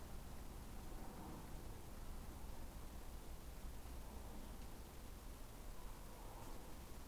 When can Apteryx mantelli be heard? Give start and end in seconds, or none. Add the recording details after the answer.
none. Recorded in New Zealand on 20 November 2013. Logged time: 21:14. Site CG22